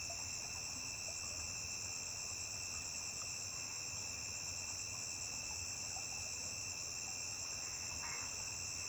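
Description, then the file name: Cricket singing in a steady, unbroken shrill trill at several high pitches, with a faint low rumble beneath. High-pitched cricket singing alone on a riverbank. "Grilo agudo isola cantando beira de rio"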